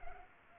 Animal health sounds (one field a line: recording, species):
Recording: mosquito wingbeat signal from an infrared sensor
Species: Culex pipiens